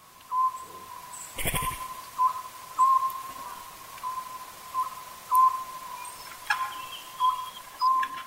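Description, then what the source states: Oriental scops owl calling, short mellow hooting notes repeated in pairs every couple of seconds, with a brief noisy burst early on. Yunishigawa, Tochigi, Japan; deep forested valley before dawn, calling from the mountain across the valley; call heard as 'buppōsō', counted among Japan's three famous bird voices.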